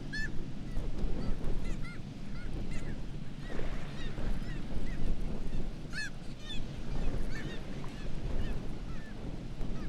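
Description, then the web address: Black-legged kittiwakes giving loud nasal calls in clustered bursts, several birds overlapping, over a continuous low roar. "sound Black-legged-kittiwake. صدای-پرنده-کاکایی-پاسیاه"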